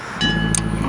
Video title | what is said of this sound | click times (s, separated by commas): How to change a rear wheel on a motorcycle and adjust chain slack | and there's a second click and that's it | 0.6 s